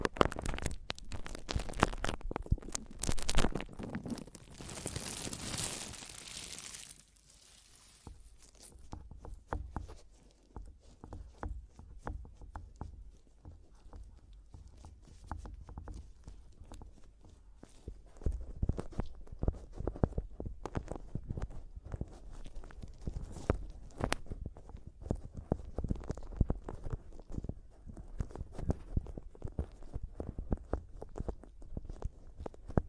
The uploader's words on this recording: ASMR Mic Tapping and Scratching (No Talking).